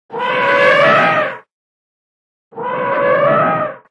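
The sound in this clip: Elephant trumpeting, two harsh, brassy blasts each lasting over a second, separated by a second of silence.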